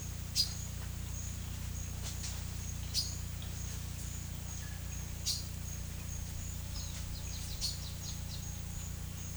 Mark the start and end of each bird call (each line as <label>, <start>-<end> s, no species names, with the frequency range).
bird call (2.8-8.1 kHz), 6.86-8.87 s